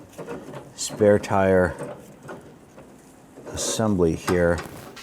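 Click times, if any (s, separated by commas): none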